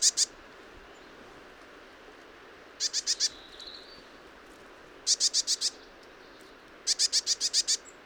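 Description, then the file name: Eurasian blue tit repeats short harsh bursts of several quick notes every two seconds or so, with a faint thin note between. "Cyanistes caeruleus"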